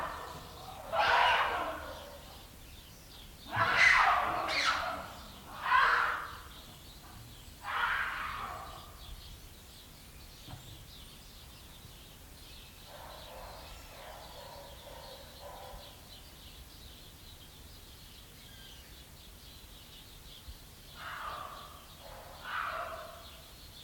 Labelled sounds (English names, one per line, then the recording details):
Gelada
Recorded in captivity
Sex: pair
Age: adult
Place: Tierpark Berlin, Berlin, DE
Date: 1993-12-18 13:15
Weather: bedeckt, 2°C
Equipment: Marantz CP 430, Sennheiser MKH 416 T, Kopie Uher Variocord 263
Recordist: Tembrock, Günter